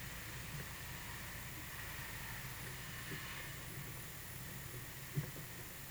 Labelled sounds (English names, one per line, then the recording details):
none
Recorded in pastures near Puerto Asís, Putumayo, Colombia, on 23 June 2025 at 13:00
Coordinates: 0.486, -76.323
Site H29